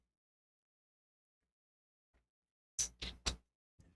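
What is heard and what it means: A hex driver turns a suspect metal screw in an RC car chassis part, and the driver slips in the screw head. After a faint tick near 2.1 s, a run of short, sharp knocks comes at 2.8, 3.0 and 3.3 s, with a smaller one near 3.8 s; the slips at 3.0 and 3.3 s are the loudest. The screw head is stripped.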